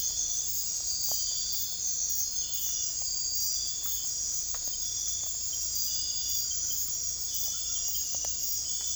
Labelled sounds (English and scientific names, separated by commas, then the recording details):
none
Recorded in secondary vegetation near Puerto Asís, Putumayo, Colombia, on 16 December 2024 at 22:30
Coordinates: 0.481, -76.318
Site G042